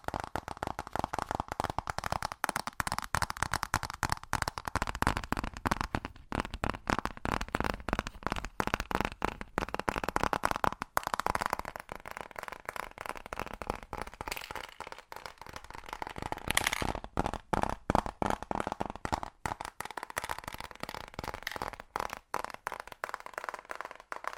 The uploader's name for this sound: Fast Tapping